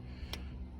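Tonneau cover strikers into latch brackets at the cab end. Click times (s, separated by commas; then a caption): 0.3 s. A Truxedo Deuce 2 tonneau cover assembly on a 2019 Ford F250 is rotated toward the cab so its strikers engage the latch brackets at the cab end. Against a low background hum, one sharp click sounds at 0.3 s. Both strikers seat and lock into the latch brackets.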